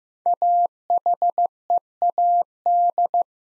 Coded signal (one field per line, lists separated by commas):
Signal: Morse code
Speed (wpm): 15 wpm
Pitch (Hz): 700 Hz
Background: none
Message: AHEAD